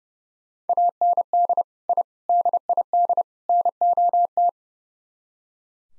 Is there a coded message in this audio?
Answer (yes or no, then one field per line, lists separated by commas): yes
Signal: Morse code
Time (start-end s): 0.7-4.5 s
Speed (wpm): 37 wpm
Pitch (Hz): 700 Hz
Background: none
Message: AND I DID NOT